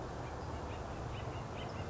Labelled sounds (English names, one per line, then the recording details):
Acorn Woodpecker
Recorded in Sonoma County, California